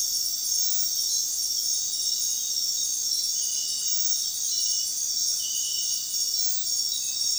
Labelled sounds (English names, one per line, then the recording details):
none
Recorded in dense forest near Puerto Asís, Putumayo, Colombia, on 20 February 2024 at 02:00
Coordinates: 0.466, -76.327
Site G6413